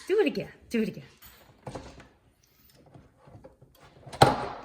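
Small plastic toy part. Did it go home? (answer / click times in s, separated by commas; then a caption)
yes / 4.2 s. Someone talks while the retractable third leg of a plastic LEGO Star Wars R2-D2 brick model (2021, set 75308) is brought back: the droid is stood upright and lifted from the bottom. The foot snaps back into its locked standing position with a sharp plastic click at 4.2 s, and the leg is seated.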